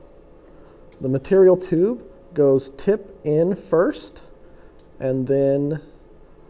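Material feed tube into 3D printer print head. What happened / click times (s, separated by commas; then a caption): The tube is handled but has not yet seated; no locking click is heard / none. Someone talks while a material feed tube is handled, about to be pushed tip-first into the print head of a Stratasys F Series 3D printer so that the small tab on top locks onto the pin in the tube. Nothing has seated or clicked yet.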